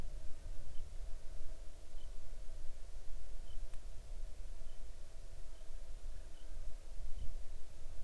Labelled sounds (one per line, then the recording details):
bird
insects
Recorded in the Arctic National Wildlife Refuge, Alaska, on 6 July 2019 at 00:04
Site 39